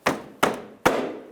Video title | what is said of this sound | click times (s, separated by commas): How to Replace Daytime Running Light 2003-09 Toyota 4Runner | All right, that just snapped in there. | 0.1 s, 0.4 s, 0.9 s